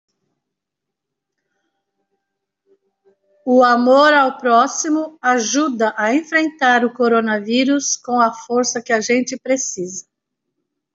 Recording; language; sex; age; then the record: spoken sentence; Brazilian Portuguese; female; 60 to 69 years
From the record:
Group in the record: control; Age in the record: 63 years